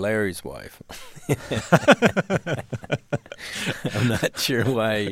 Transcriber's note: soundbite of laughter